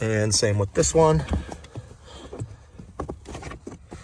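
Someone talks at the start while the second retention clip on an Ecarzo all-weather rubber floor mat in a 2019+ Ram 1500 Crew Cab is handled over its vehicle floor hook. A few faint handling knocks and rustles follow. The clip has not yet clicked in or seated.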